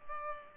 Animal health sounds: mosquito wingbeat signal from an infrared sensor; Culex pipiens

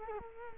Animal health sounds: mosquito wingbeat signal from an infrared sensor; Culex quinquefasciatus

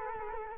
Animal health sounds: mosquito wingbeat signal from an infrared sensor; Culex quinquefasciatus

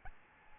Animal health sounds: mosquito wingbeat signal from an infrared sensor; Aedes albopictus

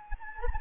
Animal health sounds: mosquito wingbeat signal from an infrared sensor; Anopheles gambiae

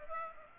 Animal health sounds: mosquito wingbeat signal from an infrared sensor; Aedes aegypti

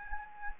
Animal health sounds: mosquito wingbeat signal from an infrared sensor; Anopheles gambiae

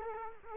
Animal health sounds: mosquito wingbeat signal from an infrared sensor; Culex quinquefasciatus

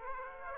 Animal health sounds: mosquito wingbeat signal from an infrared sensor; Aedes aegypti

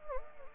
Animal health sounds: mosquito wingbeat signal from an infrared sensor; Anopheles arabiensis

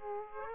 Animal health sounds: mosquito wingbeat signal from an infrared sensor; Aedes aegypti

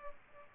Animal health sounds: mosquito wingbeat signal from an infrared sensor; Culex pipiens

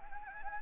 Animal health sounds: mosquito wingbeat signal from an infrared sensor; Anopheles gambiae

